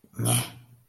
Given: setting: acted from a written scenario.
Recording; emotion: vocal sound without words; contempt